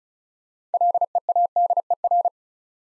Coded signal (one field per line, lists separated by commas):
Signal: Morse code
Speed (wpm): 36 wpm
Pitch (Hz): 700 Hz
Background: none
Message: LEADER